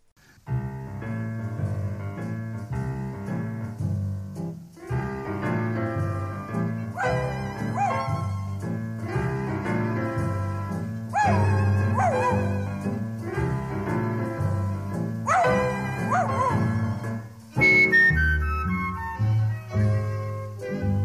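A bouncy song about a little dog with a toothache, with a steady bass beat, with whining dog whimpers and short barks repeating every few seconds among the melody. Near the end the music thins and the yelps stand out more.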